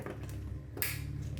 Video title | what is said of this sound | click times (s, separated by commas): Toyota Tundra Sequential Taillight install | nice satisfying click and then the pigtail here | 0.8 s